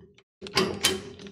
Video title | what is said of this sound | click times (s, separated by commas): CLAS PART EN LIVE #13 : Zoom sur la Loi Montagne 2 | bien verrouillé | 0.6 s, 0.9 s